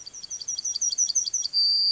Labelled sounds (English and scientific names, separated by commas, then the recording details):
Yellowhammer (Emberiza citrinella) song
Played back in grassland
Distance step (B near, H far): C
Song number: 144